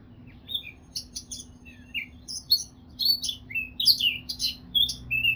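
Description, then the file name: Eurasian blackcap song: scattered high scratchy notes building into faster warbling with a few clear whistled notes at the end. "Sylvia atricapilla"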